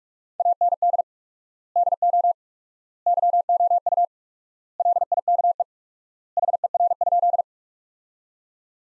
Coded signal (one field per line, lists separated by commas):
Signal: Morse code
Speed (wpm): 41 wpm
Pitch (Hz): 700 Hz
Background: none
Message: AND DO YOU LIKE HER?